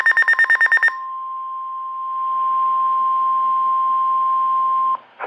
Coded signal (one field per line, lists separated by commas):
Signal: Emergency Alert System (SAME) tones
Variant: 1050 Hz attention tone